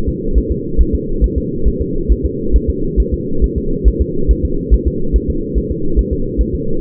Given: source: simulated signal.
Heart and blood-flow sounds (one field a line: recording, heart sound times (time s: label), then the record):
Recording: fetal heart sounds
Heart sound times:
0.09 s: S2
0.38 s: S1
0.51 s: S2
0.81 s: S1
0.95 s: S2
1.24 s: S1
1.38 s: S2
1.68 s: S1
1.82 s: S2
2.12 s: S1
2.25 s: S2
2.56 s: S1
2.70 s: S2
3.00 s: S1
3.14 s: S2
3.44 s: S1
3.58 s: S2
3.88 s: S1
4.01 s: S2
4.31 s: S1
4.45 s: S2
4.74 s: S1
4.88 s: S2
5.16 s: S1
5.30 s: S2
5.58 s: S1
5.71 s: S2
5.99 s: S1
6.13 s: S2
6.41 s: S1
6.55 s: S2
From the record:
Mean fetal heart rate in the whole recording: 140 bpm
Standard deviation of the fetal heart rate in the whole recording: 2 bpm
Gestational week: 34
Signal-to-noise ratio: -8.1 dB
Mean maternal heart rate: 72 bpm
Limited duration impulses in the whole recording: absent